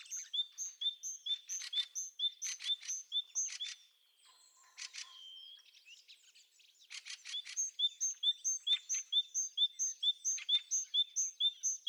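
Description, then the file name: Great tit producing evenly spaced high ringing notes interrupted by rough buzzing churrs, with a brief quiet gap before a long even series of pinks. "Parus major"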